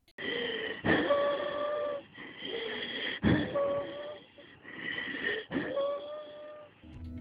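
Adult breath sounds with high-pitched wheezing heard during expiration, recurring with each breath, in asthma.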